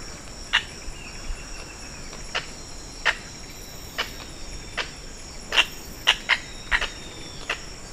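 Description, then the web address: Red-necked aracari giving sharp, clipped call notes in an irregular series over a steady high insect drone. "sound Red-necked-aracari. صدای-پرنده-پرزبان-گردنسرخ"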